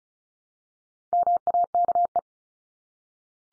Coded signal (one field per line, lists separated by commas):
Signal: Morse code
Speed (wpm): 34 wpm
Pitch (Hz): 700 Hz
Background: none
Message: MAKE